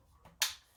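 A tube or attachment for a Womow 2-in-1 cordless handheld stick vacuum is lined up and pushed into the matching sockets on the vacuum body. After a faint soft contact, it seats with a single sharp plastic pop at 0.4 seconds that quickly fades. The attachment is locked into place.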